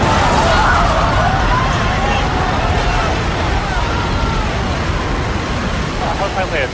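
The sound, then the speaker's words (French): A World Trade Center tower in New York collapses amid an explosion, producing a loud, unbroken roar of rumbling and falling debris that holds steady throughout, with faint wavering wails threaded through the noise. “A huge explosion now raining debris on all of us.”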